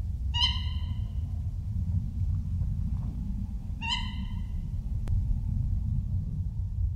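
Tawny owl's two short, sharp harmonic calls about three and a half seconds apart, over loud continuous low rumbling noise.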